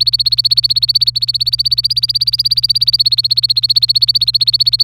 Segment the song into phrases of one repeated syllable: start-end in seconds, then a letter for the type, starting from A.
0.00-4.83 A